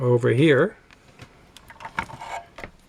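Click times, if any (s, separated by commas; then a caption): 2.0 s. Someone talks briefly, then a RAM stick is pressed into a motherboard memory slot amid a few light scraping and tapping sounds. The slot locks snap closed with a sharp click at 2.0 s, and the module is seated with the locks in place.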